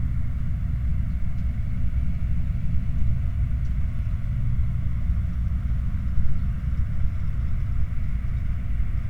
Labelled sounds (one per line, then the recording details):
machinery
flare stack
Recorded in the Prudhoe Bay oil fields, Alaska, on 29 July 2019 at 13:57
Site 29